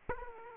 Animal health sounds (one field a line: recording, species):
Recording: mosquito wingbeat signal from an infrared sensor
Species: Aedes aegypti